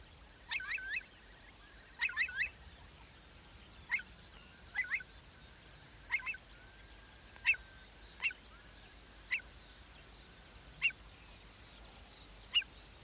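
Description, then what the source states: Eurasian Curlew alarm notes, sharp yelping calls, clustered at first, then single notes spaced one to two seconds apart. Calls began as alarm at the recordist's presence and soon calmed; night on open moorland, Dryburn Moor, North Pennines, Northumberland, early May 2022, binaural.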